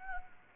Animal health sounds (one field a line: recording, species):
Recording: mosquito wingbeat signal from an infrared sensor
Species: Anopheles gambiae